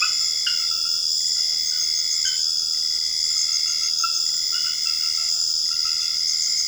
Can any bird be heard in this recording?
no